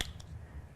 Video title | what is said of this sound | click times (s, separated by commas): Corner Piece by Steve Langston & Sean Ridgeway[Teach] | and it's going to lock into place right where you started. | 0.0 s